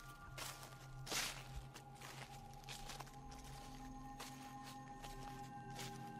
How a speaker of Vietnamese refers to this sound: Lúc ngó đầu ra thì lại chẳng thấy gì, nhưng hễ cứ đặt chân xuống là tiếng bước chân lẹt xẹt lại vang lên.